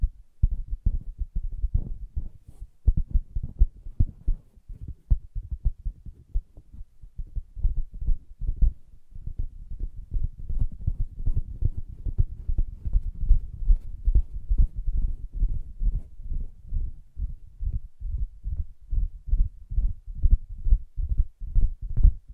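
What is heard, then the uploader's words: Soft, muffled tapping on a fabric surface, a fast, dense patter of dull low thuds that continues unevenly throughout with little brightness. Soft Fabric Surface Tapping & Scratching.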